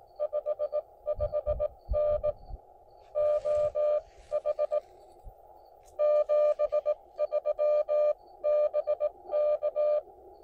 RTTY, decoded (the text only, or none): none